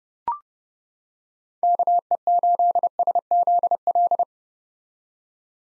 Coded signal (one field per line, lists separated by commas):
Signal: Morse code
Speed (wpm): 30 wpm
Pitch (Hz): 700 Hz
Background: none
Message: KE8SZL